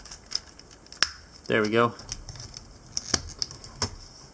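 After a failed try, the plastic knee joint of a transforming action figure is pressed until it snaps into place with a sharp click at 1.0 s, and it is seated. Someone talks briefly afterward, and lighter plastic clicks and rattles follow as handling continues.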